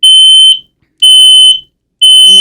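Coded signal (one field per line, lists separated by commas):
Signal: alarm pattern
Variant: household smoke alarm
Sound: three loud, shrill, high beeps, each about half a second, with equal gaps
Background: faint speech at end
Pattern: temporal three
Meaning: The smoke alarm has detected smoke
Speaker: And then it'll sound three times, there will be a pause, and then three more beeps. And that's the indication that your smoke alarm actually detects smoke.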